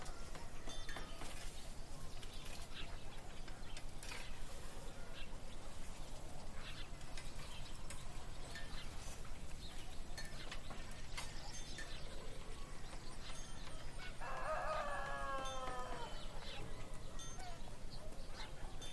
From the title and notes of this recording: Peaceful fantasy town in the morning.